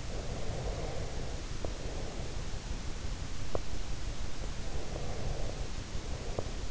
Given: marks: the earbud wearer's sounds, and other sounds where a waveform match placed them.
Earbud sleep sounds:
sounds in sleep by an in-ear microphone; breath, teeth grinding
0.09-2.80 s: breath
3.52-3.71 s: teeth grinding
4.34-6.71 s: breath

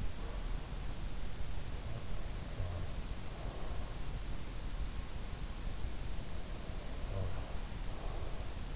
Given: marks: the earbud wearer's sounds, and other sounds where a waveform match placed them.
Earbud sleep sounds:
sounds in sleep by an in-ear microphone; breath, snoring breath
2.16-4.11 s: breath
6.62-8.76 s: snoring breath

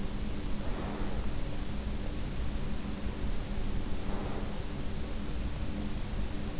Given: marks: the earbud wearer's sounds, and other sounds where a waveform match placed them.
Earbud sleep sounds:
sounds in sleep by an in-ear microphone; breath
0.59-1.40 s: breath
3.92-5.02 s: breath

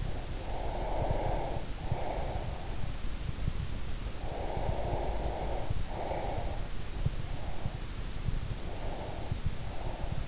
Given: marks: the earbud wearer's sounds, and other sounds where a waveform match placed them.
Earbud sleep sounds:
sounds in sleep by an in-ear microphone; breath
0.00-2.90 s: breath
4.23-6.81 s: breath
7.01-7.96 s: breath
8.57-10.28 s: breath

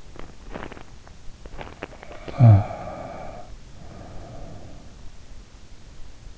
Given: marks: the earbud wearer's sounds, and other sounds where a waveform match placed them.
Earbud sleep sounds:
sounds in sleep by an in-ear microphone; teeth grinding, snoring breath
0.07-2.44 s: teeth grinding
2.26-4.96 s: snoring breath

